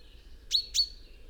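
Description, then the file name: Common chaffinch giving two short sharp call notes in quick succession. "Fringilla coelebs"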